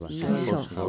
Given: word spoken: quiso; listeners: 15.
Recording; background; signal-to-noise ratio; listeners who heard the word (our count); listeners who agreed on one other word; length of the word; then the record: one Spanish word in noise, from a listening test; four-talker babble; 0.7 dB; 1 of 15; 12 of 15; 0.49 s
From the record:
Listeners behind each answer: 12, 1, 1, 1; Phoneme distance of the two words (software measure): 10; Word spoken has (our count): 2 syllables, 4 phonemes, stress on syllable 1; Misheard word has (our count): 2 syllables, 4 phonemes, stress on syllable 1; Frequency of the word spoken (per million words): 65.99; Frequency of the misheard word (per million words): 62.99